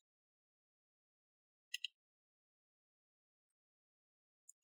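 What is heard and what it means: A keyboard ribbon cable is slid into its connector on the motherboard of an HP Pavilion 15 p010 laptop, and the latch is locked down. Two sharp, bright clicks are heard at 1.7 s and 1.9 s, then a faint tick near 4.5 s, with silence otherwise. The ribbon cable is seated and the latch is locked.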